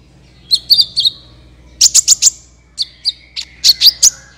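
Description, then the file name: Van Hasselt's Sunbird song: short bursts of three or four high, sharp chirps with brief pauses between, over a low background hum. "suara kolibri ninja"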